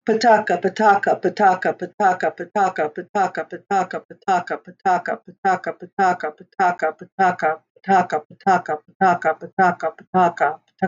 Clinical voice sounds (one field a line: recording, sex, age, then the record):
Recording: repeated syllables /pa ta ka/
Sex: female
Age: 60 to 69 years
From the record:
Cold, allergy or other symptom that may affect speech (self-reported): no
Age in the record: 68 years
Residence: Tennessee, United States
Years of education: 12